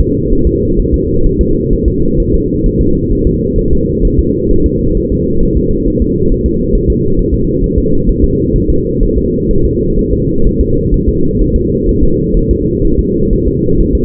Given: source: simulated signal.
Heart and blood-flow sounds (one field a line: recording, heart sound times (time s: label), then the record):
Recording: fetal heart sounds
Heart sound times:
0.00 s: S2
0.33 s: S1
0.47 s: S2
0.79 s: S1
0.94 s: S2
1.26 s: S1
1.41 s: S2
1.73 s: S1
1.88 s: S2
2.20 s: S1
2.34 s: S2
2.66 s: S1
2.81 s: S2
3.12 s: S1
3.27 s: S2
3.59 s: S1
3.73 s: S2
4.05 s: S1
4.19 s: S2
4.51 s: S1
4.66 s: S2
4.97 s: S1
5.12 s: S2
5.43 s: S1
5.57 s: S2
5.88 s: S1
6.02 s: S2
6.32 s: S1
6.46 s: S2
6.75 s: S1
6.90 s: S2
7.19 s: S1
7.34 s: S2
7.64 s: S1
7.78 s: S2
8.09 s: S1
8.24 s: S2
8.56 s: S1
8.70 s: S2
9.03 s: S1
9.18 s: S2
9.51 s: S1
9.65 s: S2
9.99 s: S1
10.13 s: S2
10.47 s: S1
10.61 s: S2
10.94 s: S1
11.09 s: S2
11.41 s: S1
11.56 s: S2
11.89 s: S1
12.03 s: S2
12.37 s: S1
12.51 s: S2
12.85 s: S1
12.99 s: S2
13.33 s: S1
13.48 s: S2
13.81 s: S1
13.95 s: S2
From the record:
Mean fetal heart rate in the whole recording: 130 bpm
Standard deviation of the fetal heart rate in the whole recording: 4 bpm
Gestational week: 38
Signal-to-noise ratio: -16.4 dB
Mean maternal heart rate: 72 bpm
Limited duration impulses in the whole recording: present